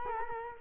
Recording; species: mosquito wingbeat signal from an infrared sensor; Culex quinquefasciatus